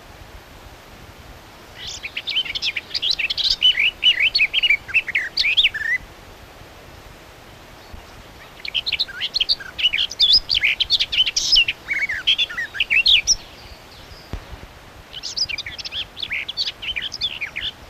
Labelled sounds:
Garden Warbler (Sylvia borin) song

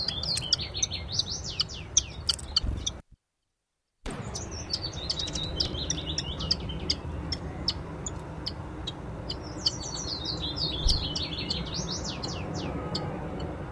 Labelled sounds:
Common Chiffchaff (Phylloscopus collybita)

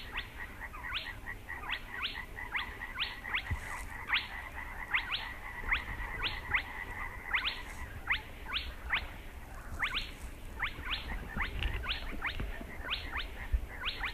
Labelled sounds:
Spotted Crake (Porzana porzana)

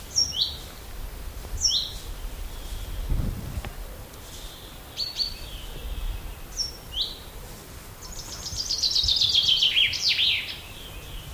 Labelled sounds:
Common Chaffinch (Fringilla coelebs)

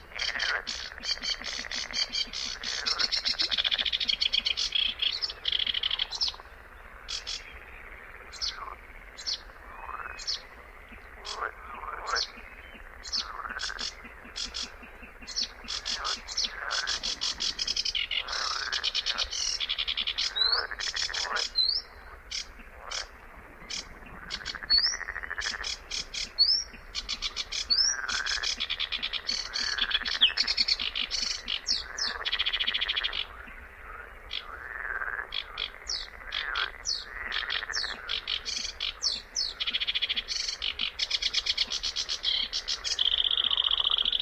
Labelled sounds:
Sedge Warbler (Acrocephalus schoenobaenus) song

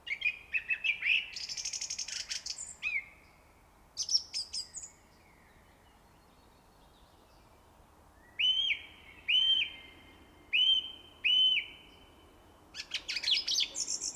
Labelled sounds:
Song Thrush (Turdus philomelos) song

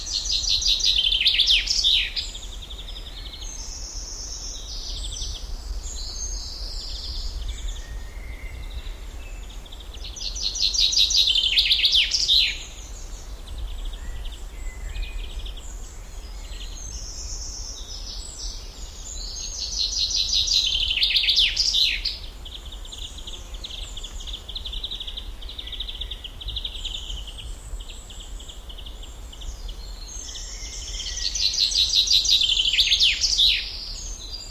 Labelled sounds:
Common Chaffinch (Fringilla coelebs) song

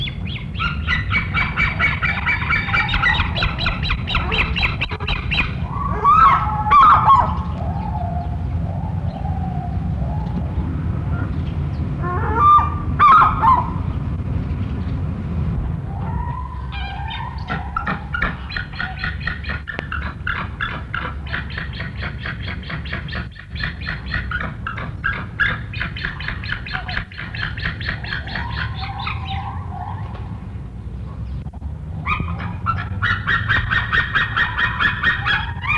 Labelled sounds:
White-tailed Eagle (Haliaeetus albicilla) call

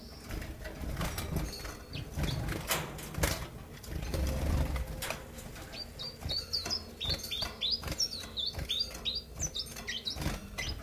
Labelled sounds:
Common Chiffchaff (Phylloscopus collybita)

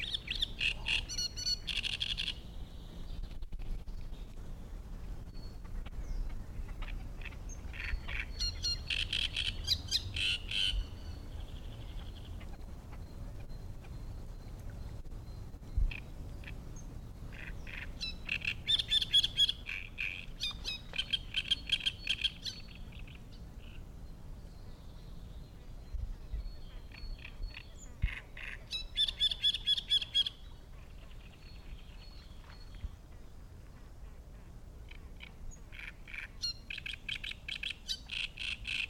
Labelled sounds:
Great Reed Warbler (Acrocephalus arundinaceus)

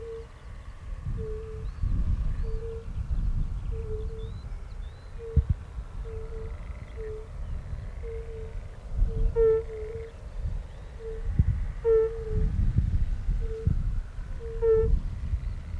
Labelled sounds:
Fire-Bellied Toad (Bombina bombina) call

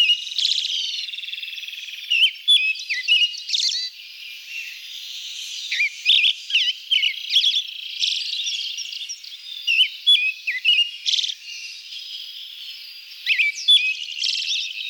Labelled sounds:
Pale Thrush (Turdus pallidus) song

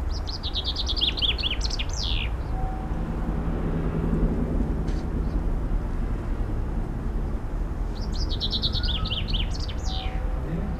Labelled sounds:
Common Chaffinch (Fringilla coelebs) song

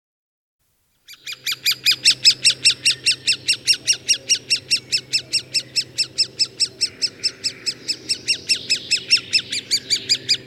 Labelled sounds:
Great Spotted Woodpecker (Dendrocopos major) call

